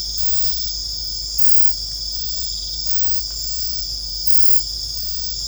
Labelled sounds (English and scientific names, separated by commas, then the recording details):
none
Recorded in secondary vegetation near Puerto Asís, Putumayo, Colombia, on 20 December 2024 at 22:00
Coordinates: 0.499, -76.323
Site G010